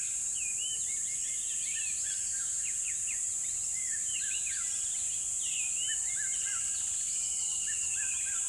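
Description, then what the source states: Birds chirping densely, clusters of sharp upward and downward slurs from several singers, set against a steady high hiss. Birds in a river bed at dawn, with chirping increasing.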